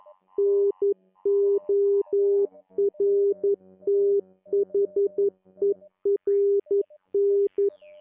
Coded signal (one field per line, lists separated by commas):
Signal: Morse code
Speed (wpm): 11 wpm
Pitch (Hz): 400 Hz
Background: none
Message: NORTHERN